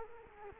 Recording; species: mosquito wingbeat signal from an infrared sensor; Culex quinquefasciatus